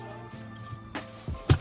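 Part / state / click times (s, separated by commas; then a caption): shift knob onto car gear shifter / seated / 1.5 s. A shift knob is pushed all the way down onto a BMW gear shifter over a steady musical background. A sharp click at 1.5 s marks it seating in place, following an earlier softer knock at about 1.0 s and a thump near 1.3 s.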